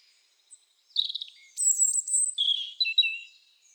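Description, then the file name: European robin song with a jittery warble, a pause, then a long high silvery phrase dropping into fluttering lower notes. "Erithacus rubecula"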